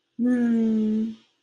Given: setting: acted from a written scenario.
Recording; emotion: vocal sound without words; serenity